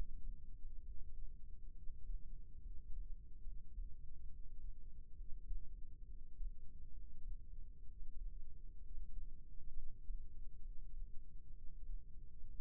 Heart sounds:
heart sounds by microphone in the left ear; 67 bpm
0.83 s: heartbeat
1.75 s: heartbeat
2.63 s: heartbeat
3.44 s: heartbeat
4.30 s: heartbeat
5.17 s: heartbeat
6.07 s: heartbeat
6.94 s: heartbeat
7.87 s: heartbeat
8.82 s: heartbeat
9.75 s: heartbeat
10.63 s: heartbeat
11.55 s: heartbeat
12.47 s: heartbeat
From the record:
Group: healthy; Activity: rest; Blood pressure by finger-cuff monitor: 103/66 mmHg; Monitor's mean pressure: 78 mmHg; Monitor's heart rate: 67 bpm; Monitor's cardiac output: 5.8 L/min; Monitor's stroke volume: 87 mL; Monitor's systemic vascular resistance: 970 dyn s/cm5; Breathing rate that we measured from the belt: 17 breaths a minute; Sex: male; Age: 22 years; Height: 181 cm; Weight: 79 kg

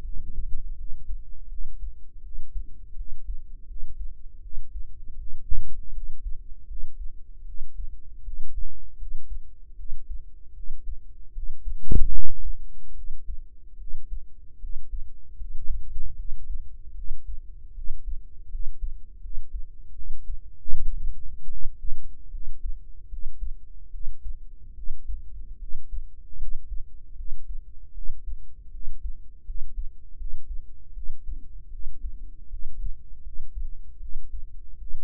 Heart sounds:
heart sounds by microphone in the right ear; 78 bpm
0.03 s: heartbeat
0.75 s: heartbeat
1.47 s: heartbeat
2.21 s: heartbeat
2.95 s: heartbeat
3.65 s: heartbeat
4.40 s: heartbeat
5.16 s: heartbeat
5.92 s: heartbeat
6.66 s: heartbeat
7.44 s: heartbeat
8.22 s: heartbeat
8.97 s: heartbeat
9.75 s: heartbeat
10.52 s: heartbeat
11.32 s: heartbeat
12.10 s: heartbeat
12.93 s: heartbeat
13.76 s: heartbeat
14.58 s: heartbeat
15.35 s: heartbeat
16.15 s: heartbeat
16.93 s: heartbeat
17.73 s: heartbeat
18.48 s: heartbeat
19.19 s: heartbeat
19.93 s: heartbeat
20.68 s: heartbeat
21.48 s: heartbeat
22.29 s: heartbeat
23.07 s: heartbeat
23.89 s: heartbeat
24.73 s: heartbeat
25.57 s: heartbeat
26.37 s: heartbeat
27.14 s: heartbeat
27.92 s: heartbeat
28.70 s: heartbeat
29.44 s: heartbeat
30.16 s: heartbeat
30.92 s: heartbeat
31.69 s: heartbeat
32.48 s: heartbeat
33.21 s: heartbeat
33.98 s: heartbeat
34.77 s: heartbeat
From the record:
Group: healthy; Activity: cold pressor test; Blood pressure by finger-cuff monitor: 95/64 mmHg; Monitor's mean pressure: 76 mmHg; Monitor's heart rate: 77 bpm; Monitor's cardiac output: 6.6 L/min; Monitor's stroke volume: 85 mL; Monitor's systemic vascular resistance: 840 dyn s/cm5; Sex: female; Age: 19 years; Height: 163 cm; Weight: 48.9 kg

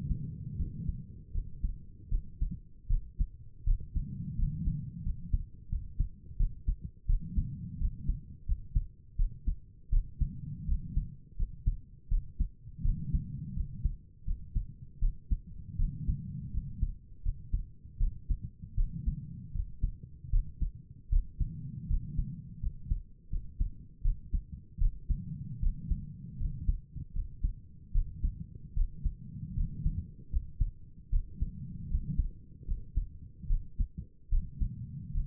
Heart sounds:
heart sounds by stethoscope; 80 bpm
0.57 s: heartbeat
1.33 s: heartbeat
2.10 s: heartbeat
2.88 s: heartbeat
3.65 s: heartbeat
4.37 s: heartbeat
5.04 s: heartbeat
5.70 s: heartbeat
6.38 s: heartbeat
7.07 s: heartbeat
7.79 s: heartbeat
8.46 s: heartbeat
9.17 s: heartbeat
9.91 s: heartbeat
10.67 s: heartbeat
11.37 s: heartbeat
12.09 s: heartbeat
12.83 s: heartbeat
13.55 s: heartbeat
14.26 s: heartbeat
15.00 s: heartbeat
15.78 s: heartbeat
16.52 s: heartbeat
17.23 s: heartbeat
17.99 s: heartbeat
18.76 s: heartbeat
19.53 s: heartbeat
20.31 s: heartbeat
21.10 s: heartbeat
21.88 s: heartbeat
22.61 s: heartbeat
23.30 s: heartbeat
24.03 s: heartbeat
24.79 s: heartbeat
25.61 s: heartbeat
26.38 s: heartbeat
27.14 s: heartbeat
27.93 s: heartbeat
28.75 s: heartbeat
29.55 s: heartbeat
30.31 s: heartbeat
31.11 s: heartbeat
31.89 s: heartbeat
32.66 s: heartbeat
33.48 s: heartbeat
34.30 s: heartbeat
35.12 s: heartbeat
From the record:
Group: healthy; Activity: rest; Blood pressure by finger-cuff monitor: 97/63 mmHg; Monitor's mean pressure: 71 mmHg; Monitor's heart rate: 79 bpm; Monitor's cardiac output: 6.1 L/min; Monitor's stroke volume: 77 mL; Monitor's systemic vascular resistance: 830 dyn s/cm5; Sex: female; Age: 22 years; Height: 163 cm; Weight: 67.1 kg

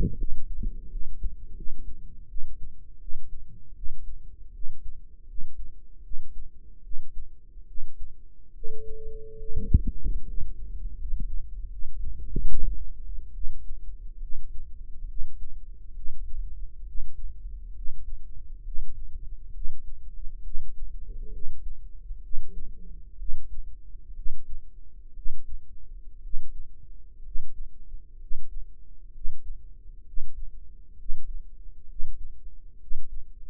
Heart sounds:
heart sounds by microphone in the right ear; 70 bpm
0.15 s: heartbeat
0.88 s: heartbeat
1.53 s: heartbeat
2.26 s: heartbeat
2.98 s: heartbeat
3.73 s: heartbeat
4.52 s: heartbeat
5.26 s: heartbeat
6.02 s: heartbeat
6.81 s: heartbeat
7.65 s: heartbeat
8.52 s: heartbeat
9.36 s: heartbeat
10.25 s: heartbeat
10.96 s: heartbeat
11.69 s: heartbeat
12.45 s: heartbeat
13.32 s: heartbeat
14.20 s: heartbeat
15.06 s: heartbeat
15.94 s: heartbeat
16.85 s: heartbeat
17.74 s: heartbeat
18.63 s: heartbeat
19.52 s: heartbeat
20.42 s: heartbeat
21.31 s: heartbeat
22.21 s: heartbeat
23.17 s: heartbeat
24.14 s: heartbeat
25.13 s: heartbeat
26.21 s: heartbeat
27.22 s: heartbeat
28.18 s: heartbeat
29.12 s: heartbeat
30.04 s: heartbeat
30.96 s: heartbeat
31.86 s: heartbeat
32.78 s: heartbeat
From the record:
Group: healthy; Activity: rest 0-12 s, Valsalva maneuver 12-34 s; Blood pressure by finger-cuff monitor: 105/67 mmHg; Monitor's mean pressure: 78 mmHg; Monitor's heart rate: 67 bpm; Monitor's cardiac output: 5.5 L/min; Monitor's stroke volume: 78 mL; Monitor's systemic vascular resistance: 1020 dyn s/cm5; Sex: female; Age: 22 years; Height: 160 cm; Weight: 45 kg

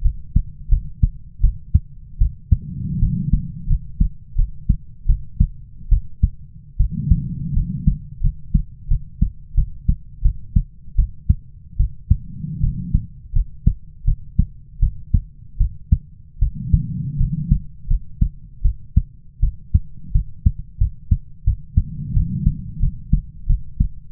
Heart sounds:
heart sounds by stethoscope; 82 bpm
0.02 s: heartbeat
0.69 s: heartbeat
1.41 s: heartbeat
2.19 s: heartbeat
3.00 s: heartbeat
3.67 s: heartbeat
4.36 s: heartbeat
5.07 s: heartbeat
5.89 s: heartbeat
6.77 s: heartbeat
7.54 s: heartbeat
8.21 s: heartbeat
8.88 s: heartbeat
9.55 s: heartbeat
10.22 s: heartbeat
10.96 s: heartbeat
11.77 s: heartbeat
12.61 s: heartbeat
13.33 s: heartbeat
14.05 s: heartbeat
14.80 s: heartbeat
15.58 s: heartbeat
16.39 s: heartbeat
17.18 s: heartbeat
17.88 s: heartbeat
18.62 s: heartbeat
19.40 s: heartbeat
20.12 s: heartbeat
20.78 s: heartbeat
21.44 s: heartbeat
22.14 s: heartbeat
22.80 s: heartbeat
23.47 s: heartbeat
From the record:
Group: healthy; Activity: rest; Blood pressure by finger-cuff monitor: 101/64 mmHg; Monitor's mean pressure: 79 mmHg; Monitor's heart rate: 81 bpm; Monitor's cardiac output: 7.2 L/min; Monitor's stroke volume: 88 mL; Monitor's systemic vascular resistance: 770 dyn s/cm5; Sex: female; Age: 22 years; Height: 157 cm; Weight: 47.6 kg

